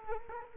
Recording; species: mosquito wingbeat signal from an infrared sensor; Culex quinquefasciatus